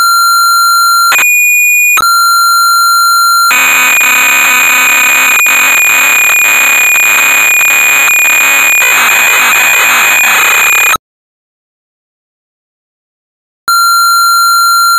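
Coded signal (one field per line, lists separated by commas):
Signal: computer data on cassette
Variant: Amstrad CPC 464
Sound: pure steady tones, then about seven seconds of harsh buzzing data, silence, tone returns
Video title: Sabre Wulf (1985) - Amstrad CPC 464 (Full Tape Rip / Cassette Load)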